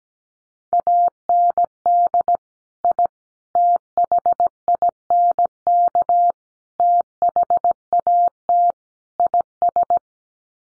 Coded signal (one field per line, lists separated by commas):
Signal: Morse code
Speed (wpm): 17 wpm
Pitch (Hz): 700 Hz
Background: none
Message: AND I THINK THAT IS